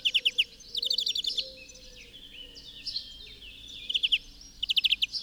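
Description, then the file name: European greenfinch, bursts of fast twittering trill notes at the start and end, with softer twitters between and a steady low background hum. "Chloris chloris"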